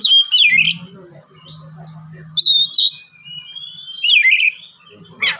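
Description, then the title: Oriental magpie-robin singing loud slurred whistles and downward-sweeping chirps in several bursts, over a low hum in places. "kacer"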